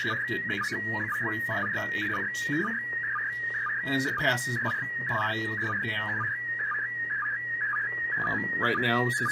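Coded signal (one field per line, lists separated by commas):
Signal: SSTV (slow-scan television)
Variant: PD 120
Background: speech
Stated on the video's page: SSTV images received from the International Space Station, used as examples in a club SSTV training demonstration.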